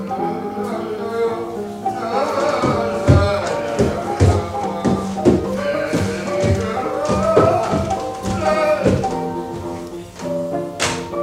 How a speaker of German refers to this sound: Irgendwo klopft's hier, scheint von oben zu kommen.